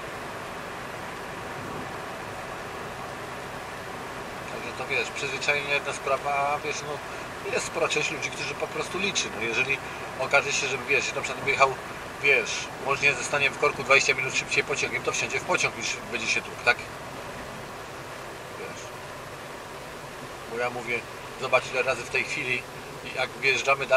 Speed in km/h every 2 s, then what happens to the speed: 73, 72, 71, 70, 70, 69, 66, 63, 60, 56, 51, 47.
0-11 steady at about 70. 11-24 slows to 47.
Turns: none.